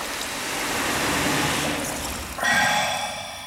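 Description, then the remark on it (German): A bucket of water being gulped down in one go: a steady rush of pouring, sloshing water for a couple of seconds, then a sudden breathy, gasping sound as it ends. “Iwan brachte Koschei einen Eimer Wasser. In einem Zuge goss ihn der hinunter.”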